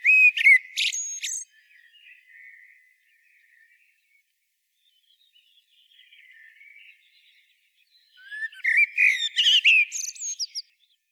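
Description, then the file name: Common blackbird song: two loud bursts of fluting and squeaky, twittering high notes, with soft quiet warbling between them. "Turdus merula"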